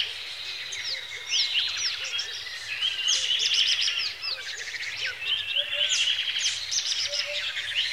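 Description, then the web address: Birds in a lively chorus of high chirps, sweeping whistles and trills, a low soft note occasionally underneath. Lakeside birdsong in Kenya, Africa, early in the morning. "A Természet hangjai - Madárdal A Természet hangjai - Afrika, Kenya - Tópart madárcsicsergéssel kora reggel"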